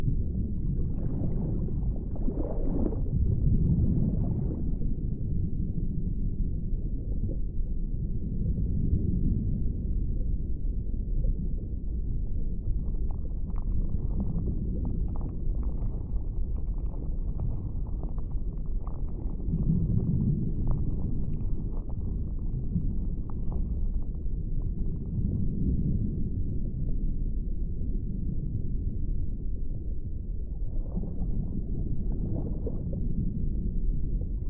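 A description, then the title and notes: A deep, muffled underwater ambience with a constant low rumble and no music. Soft swells of low sound rise and fall every few seconds, and around the middle a faint brighter crackle and light ticking come through. Overall steady, dense and dark-toned. Peaceful undersea asmr ambience. Soothing sounds of the deep water no music.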